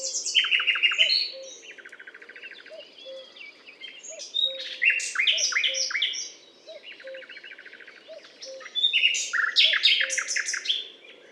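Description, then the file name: Common nightingale singing loud, varied phrases of downslurred notes and fast trills, with short pauses between bursts; soft low piping notes repeat steadily underneath. Recorded on a limestone hill, Butte calcaire de Gratacap, France, on 19 May 2012. "rossignol philomele Butte calcaire de Gratacap"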